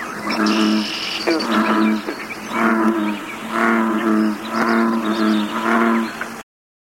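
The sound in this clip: American bullfrog calls: low, booming rumbles in a series about one per second.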